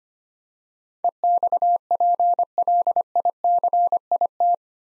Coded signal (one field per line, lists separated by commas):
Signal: Morse code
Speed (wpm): 25 wpm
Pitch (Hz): 700 Hz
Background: none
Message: EXPLICIT